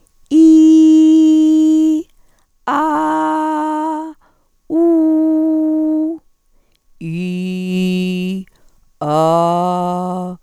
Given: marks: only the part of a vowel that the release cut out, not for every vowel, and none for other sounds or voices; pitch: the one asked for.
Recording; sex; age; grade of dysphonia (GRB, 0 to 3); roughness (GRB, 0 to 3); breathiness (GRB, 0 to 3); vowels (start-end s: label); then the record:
sustained vowels; female; 40 to 49 years; 2; 1; 0
0.67-1.95 s: vowel /i/, high pitch
3.10-3.81 s: vowel /a/, high pitch
4.95-6.03 s: vowel /u/, high pitch
7.70-8.35 s: vowel /i/, low pitch
9.47-10.27 s: vowel /a/, low pitch
From the record:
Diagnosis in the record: hyperfunctional dysphonia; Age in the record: 48 years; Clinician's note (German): Multifaktoriell